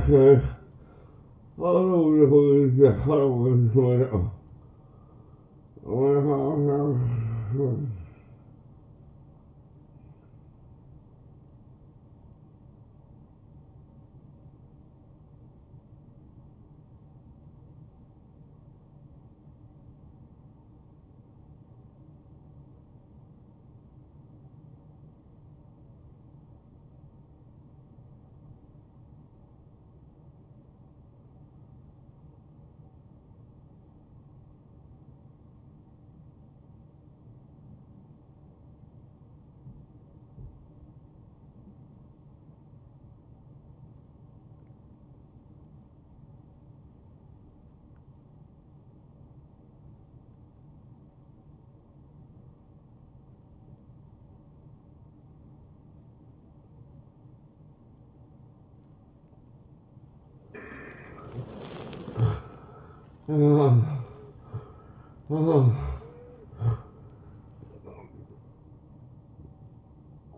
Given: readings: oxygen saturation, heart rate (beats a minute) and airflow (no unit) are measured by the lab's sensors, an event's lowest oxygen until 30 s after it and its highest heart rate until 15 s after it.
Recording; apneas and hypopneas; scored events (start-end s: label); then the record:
breathing in sleep by a smartphone at the bedside; 1
13.00-61.90 s: hypopnea (N2, oxygen 95% highest, then 85% lowest, heart rate 74 at the start, 83 highest)
From the record:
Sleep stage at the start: N2 (light sleep); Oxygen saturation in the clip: 83 to 95%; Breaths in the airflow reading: 7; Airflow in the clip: -9.4 to 8.1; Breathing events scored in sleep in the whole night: 263 in 5.5 hours asleep